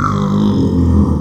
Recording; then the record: squeal of a Yucatan mini pig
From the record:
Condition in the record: after surgery on the right vocal fold (resection and tissue-engineered implant); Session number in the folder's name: 14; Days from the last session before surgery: 133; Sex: female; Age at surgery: 19 weeks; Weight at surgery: 25 kg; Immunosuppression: prednisolone